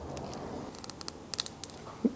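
On a first-generation Honda CR-V bed install, a seat bracket hook is pushed down into a panel slot, giving a run of sharp little ticks from about 0.9 to 1.6 seconds. The hook clicks into place at 1.3 seconds, and it is seated and good to go.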